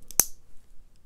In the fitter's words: re-click it and i have shortened up the bracelet